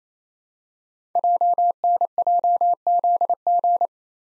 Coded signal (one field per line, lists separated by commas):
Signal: Morse code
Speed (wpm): 29 wpm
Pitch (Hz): 700 Hz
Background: none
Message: JNJZG